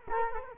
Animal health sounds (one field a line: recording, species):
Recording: mosquito wingbeat signal from an infrared sensor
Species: Culex quinquefasciatus